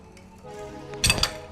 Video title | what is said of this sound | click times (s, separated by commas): Why Do Subaru Engines Blow Up So Much? - EJ25 Teardown | There she goes. Stripped out. | 1.2 s